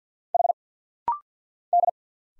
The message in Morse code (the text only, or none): H D